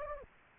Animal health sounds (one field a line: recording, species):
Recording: mosquito wingbeat signal from an infrared sensor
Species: Anopheles gambiae